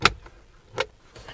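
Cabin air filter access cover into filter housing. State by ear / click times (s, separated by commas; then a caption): seated / 0.0 s, 0.8 s. A plastic cabin air filter access cover, the first of two, is lined up and pushed into the filter housing by hand. It gives sharp snap clicks at 0.1 s and 0.8 s, one for each side, with fainter small sounds between and after. The cover is seated, clicked in on both sides.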